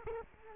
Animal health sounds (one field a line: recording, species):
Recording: mosquito wingbeat signal from an infrared sensor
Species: Culex quinquefasciatus